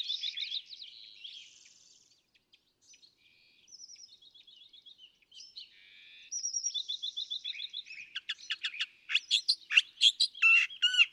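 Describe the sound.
California thrasher song, quiet scattered notes and short trills that build into a rapid, loud run of varied chips and slurred notes at the end.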